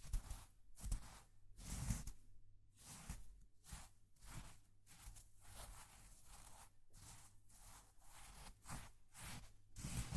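Slime being squished and pulled in quick, uneven bursts of bright, sticky crackling roughly every second, with soft low thumps underneath throughout.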